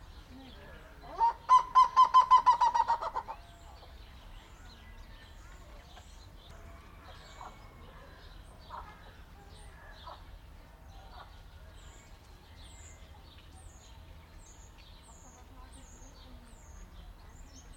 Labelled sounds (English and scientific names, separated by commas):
Black-legged Seriema (Chunga burmeisteri) call